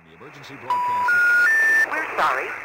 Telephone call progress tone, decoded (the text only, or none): special information tone